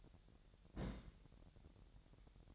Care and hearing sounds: daily activity, microphone in the room; place on stove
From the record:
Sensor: 3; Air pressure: 1012.0 hPa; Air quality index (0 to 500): 210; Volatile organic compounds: 4 ppm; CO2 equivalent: 1567 ppm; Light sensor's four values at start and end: 112/264/110/100 and 112/264/110/100

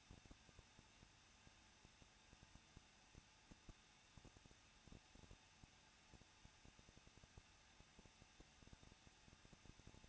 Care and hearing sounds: daily activity, microphone in the room; no activity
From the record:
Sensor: 2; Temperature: 21.0 degrees Celsius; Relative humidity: 37.5%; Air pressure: 1006.2 hPa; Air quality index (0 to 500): 223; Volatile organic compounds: 25 ppm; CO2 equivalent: 2839 ppm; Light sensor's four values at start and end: 2/3/2/2 and 2/3/2/2

